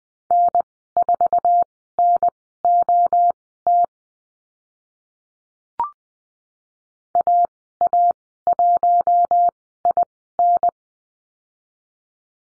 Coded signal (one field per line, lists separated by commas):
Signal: Morse code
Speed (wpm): 20 wpm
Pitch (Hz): 700 Hz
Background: none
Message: N4NOT AA1IN